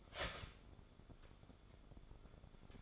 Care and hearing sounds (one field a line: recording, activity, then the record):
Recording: daily activity, microphone in the room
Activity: start toaster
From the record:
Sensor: 5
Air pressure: 1014.8 hPa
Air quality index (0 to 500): 205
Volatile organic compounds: 9 ppm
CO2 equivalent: 2179 ppm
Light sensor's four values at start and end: 14/34/13/12 and 14/33/13/12